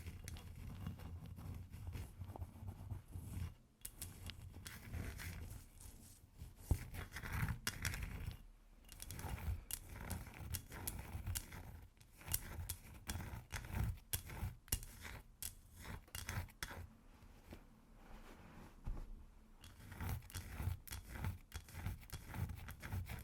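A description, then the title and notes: Ice being tapped and scratched in a dense, uneven run of small clicks, scrapes and taps. Sharp bright hits come several times a second, with brief pauses near 4 and 9 seconds, over a low continuous rumble underneath. ASMR Ice Tapping & Scratching (No Talking).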